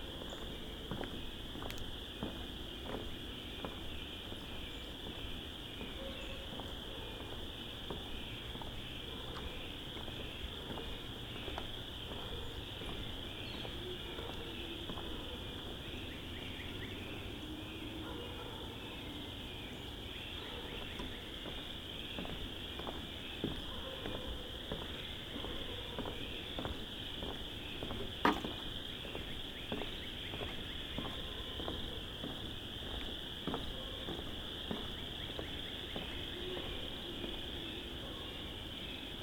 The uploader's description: dusk spring walk through the Vinemount Swamp